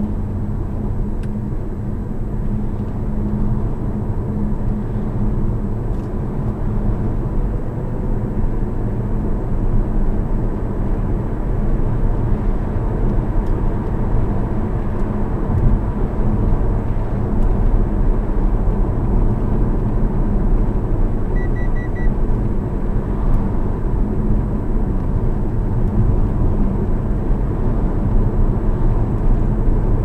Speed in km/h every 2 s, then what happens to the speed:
46, 48, 51, 53, 61, 66, 70, 75, 72, 72, 70, 56, 61, 61, 64.
0-14 speeds up to 75. 14-23 slows to 56. 23-30 steady at about 61.